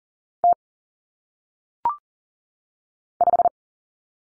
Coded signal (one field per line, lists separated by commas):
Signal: Morse code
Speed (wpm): 40 wpm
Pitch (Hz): 700 Hz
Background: none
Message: T 5